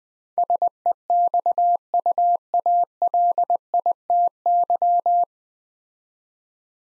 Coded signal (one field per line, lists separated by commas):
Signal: Morse code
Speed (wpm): 20 wpm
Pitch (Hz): 700 Hz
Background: none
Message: SEXUALITY